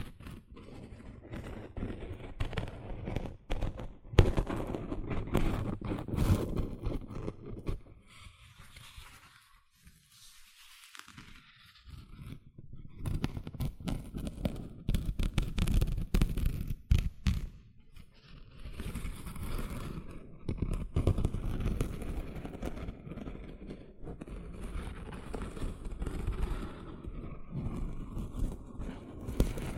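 Gentle scratching sounds, soft and dense, with a low rustling texture and frequent small crackles and clicks. The scratching pauses briefly around ten seconds, goes faint, then returns with steady, irregular strokes through the rest of the clip.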